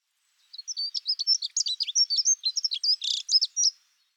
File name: Accenteur mouchet (Prunella modularis)